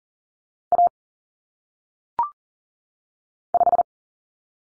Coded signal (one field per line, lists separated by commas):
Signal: Morse code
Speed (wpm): 40 wpm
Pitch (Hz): 700 Hz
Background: none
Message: A 5